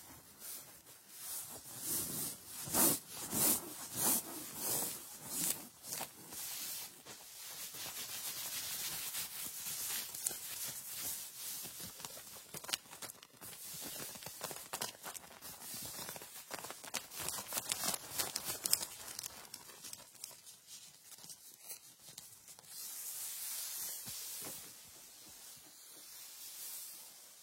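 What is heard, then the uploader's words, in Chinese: Cloth rubbing and rustling, a steady run of soft, bright swishes and scrapes with brief louder brushes around the middle. 衣服摩擦。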